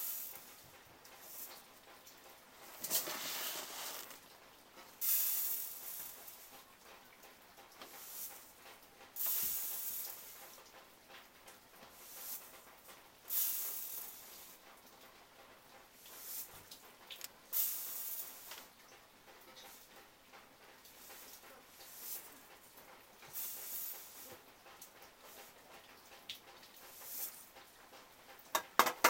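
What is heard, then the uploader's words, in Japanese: Melting snow drips from a roof onto the eaves, heard as soft, bright ticks and splashes scattered irregularly through the half minute. Some stretches bunch into brief hissing bursts, with quieter gaps between. A faint airy hiss runs underneath, and a couple of sharper drops land near the end. 一気に積もった雪が解けて屋根から軒に滴り落ちるしずくを聴きながらの作業。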